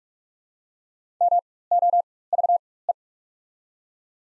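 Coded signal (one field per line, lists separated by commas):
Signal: Morse code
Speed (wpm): 46 wpm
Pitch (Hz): 700 Hz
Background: none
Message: MOVE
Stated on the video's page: Morse practice set of the top 500 words at 45 wpm with 4x character spacing, Farnsworth-style timing for moving from individual characters to whole words.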